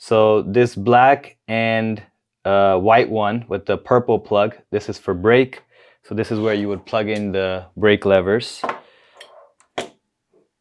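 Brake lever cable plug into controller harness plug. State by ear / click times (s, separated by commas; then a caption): seated / 9.8 s. Someone talks while a brake lever cable is plugged into the purple brake plug on the black and white cable of a controller harness. The plug seats with a short, sharp click at 9.8 s, preceded by faint small contact sounds.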